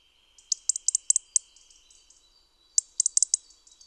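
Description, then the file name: European robin calling in two rapid runs of hard ticking clicks separated by a short pause, a steady thin high tone running through the background. "Erithacus rubecula"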